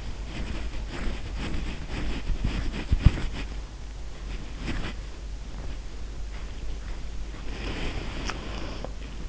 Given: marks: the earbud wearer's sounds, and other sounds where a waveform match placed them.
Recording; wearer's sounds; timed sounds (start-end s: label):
sounds in sleep by an in-ear microphone; body movement, swallowing
0.00-3.42 s: body movement
4.66-5.86 s: body movement
7.62-8.53 s: swallowing